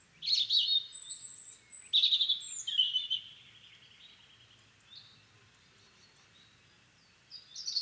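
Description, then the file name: European robin song in several high warbled phrases with thin whistles over the first three seconds, then a quiet pause before another high note begins. "Erithacus rubecula"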